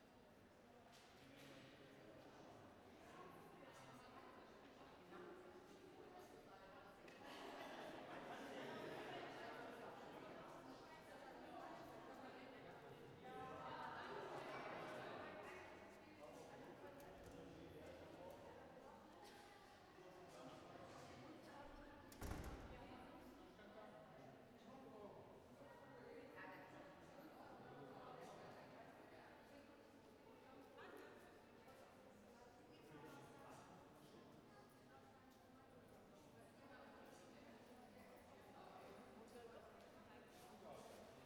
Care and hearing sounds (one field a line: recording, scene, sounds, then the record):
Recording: everyday scene through a hearing-aid microphone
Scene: reverberant space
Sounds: background noise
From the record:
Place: railway station hall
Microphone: behind the ear, right, rear